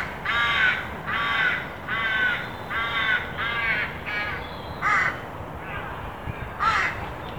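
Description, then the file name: Carrion crow cawing, a run of about eight harsh, hoarse caws roughly every second, the last few more spaced out, over a steady low background hiss. "Corvus corone"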